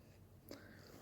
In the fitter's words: locks in place and then i have the guard on